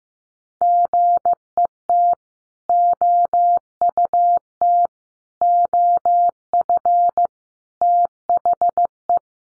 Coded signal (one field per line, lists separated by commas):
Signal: Morse code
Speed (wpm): 15 wpm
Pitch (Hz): 700 Hz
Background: none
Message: GET OUT OF THE